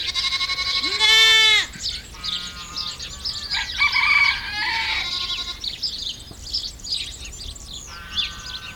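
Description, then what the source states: Goat bleats: one loud cry followed by several softer cries over a busy background. Countryside ambience recorded at a goat camp in France.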